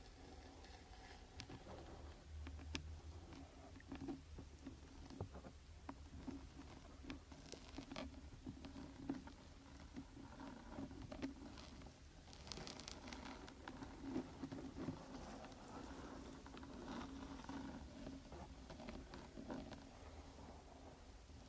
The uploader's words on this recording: Rain stick.